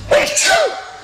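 A single, clichéd, voiced two-part 'ah-choo' sneeze from an adult: a sharp burst, then a falling vocal tail.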